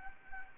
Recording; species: mosquito wingbeat signal from an infrared sensor; Anopheles gambiae